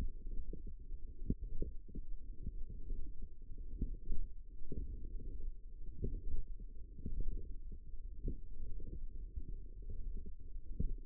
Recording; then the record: forearm muscle sounds (acoustic myography)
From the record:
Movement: forearm supination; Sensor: system 1, eight BSWA MPA416 microphones around the upper forearm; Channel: 8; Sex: female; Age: 21 years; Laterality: right